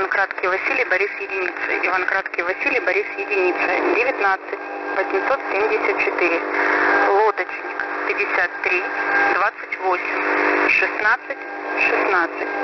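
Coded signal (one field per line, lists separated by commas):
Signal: coded military voice message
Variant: Russian, The Pip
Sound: male Russian voice reading callsign twice, then number groups and codeword over radio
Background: radio static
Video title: The Pip sub FRQ Voice Message February 26, 2021 11:39 UTC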